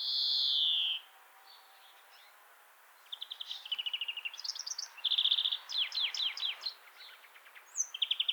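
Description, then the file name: European greenfinch starting with a drawn-out nasal wheeze, followed after a pause by fast trills and twittering notes. "Chloris chloris"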